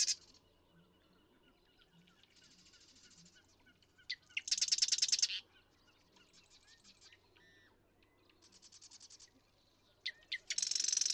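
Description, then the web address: Marsh Wren giving loud, rapid, rattling trills preceded by ticks, several songs in a row with quieter chattering trills between. "birdsongforthecurious Marsh Wren"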